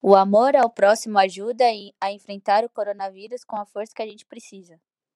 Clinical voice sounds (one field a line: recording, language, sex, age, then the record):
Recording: spoken sentence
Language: Brazilian Portuguese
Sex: female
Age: 20 to 29 years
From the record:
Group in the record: control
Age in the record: 25 years